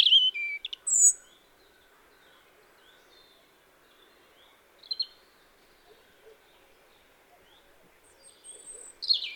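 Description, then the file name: European robin song: short high twittering phrases at the start, a brief burst midway, and another at the end, with quiet pauses between. "Erithacus rubecula"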